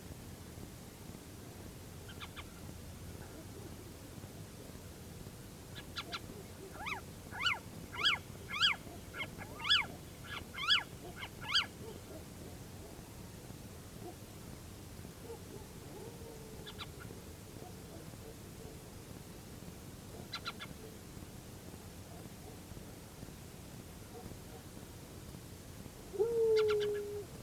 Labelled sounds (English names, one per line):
Little Owl
dog